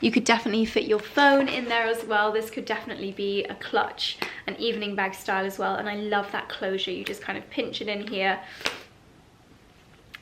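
A woman talks about a small leather evening bag for most of the clip, then goes quiet as the bag's closure is pinched in. The metal T-clasp is pushed home and clicks into place with a sharp, short click at 10.2 s.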